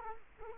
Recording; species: mosquito wingbeat signal from an infrared sensor; Culex quinquefasciatus